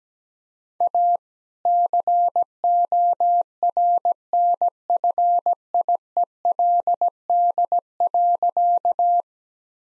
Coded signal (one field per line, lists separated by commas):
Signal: Morse code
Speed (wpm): 17 wpm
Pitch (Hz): 700 Hz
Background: none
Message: A CORNFIELD.